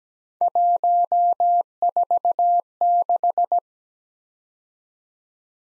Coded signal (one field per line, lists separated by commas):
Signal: Morse code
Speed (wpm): 20 wpm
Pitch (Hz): 700 Hz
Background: none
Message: 146